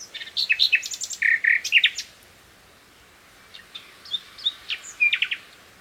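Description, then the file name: Common nightingale song: quick series of sharp notes and rattling trills, a pause, then softer whistled and chattering phrases. "Luscinia megarhynchos"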